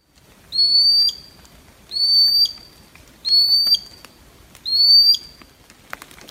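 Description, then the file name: Common sandpiper giving four high, slightly rising whistled calls, each about half a second long, spaced around every 1.3 seconds over quiet background. "rantasipi"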